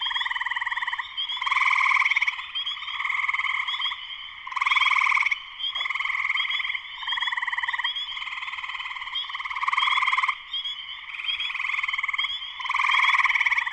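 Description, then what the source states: Spring peeper chorus, a constant high-pitched piping with repeated loud surges of trilled calls. Spring peepers in full chorus shortly after sunset, Sleeping Bear Dunes National Lakeshore, northern Michigan, USA.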